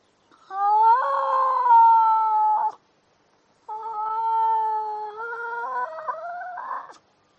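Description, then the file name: Seal call: two long, moaning harmonic wails, the first level, the second stepping upward in pitch before ending in a rough burst. "audio hero Seal"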